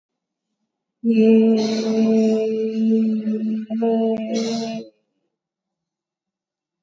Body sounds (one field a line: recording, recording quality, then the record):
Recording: sustained vowel as in made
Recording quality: excellent, no background noise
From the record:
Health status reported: COVID-19 positive, mild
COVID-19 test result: positive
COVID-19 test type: RT-PCR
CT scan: taken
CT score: 8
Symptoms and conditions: cough, sore throat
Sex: female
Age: 30 years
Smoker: no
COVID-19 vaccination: both doses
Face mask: worn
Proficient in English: yes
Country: India